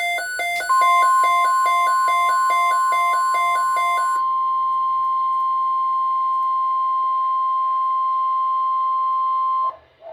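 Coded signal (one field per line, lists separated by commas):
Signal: Emergency Alert System (SAME) tones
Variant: 1050 Hz attention tone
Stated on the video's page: Tornado Watch received from NOAA Weather Radio transmitter KJY62.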